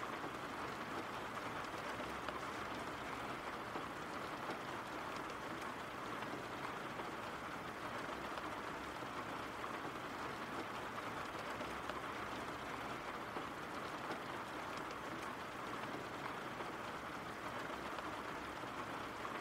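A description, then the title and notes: Rain falls in a steady, dense wash that holds the same level from start to finish, with no pauses or gusts. The hiss is strongest in the middle and upper range, with a faint low rumble underneath and tiny crackles of drops throughout. RAIN SOUNDS.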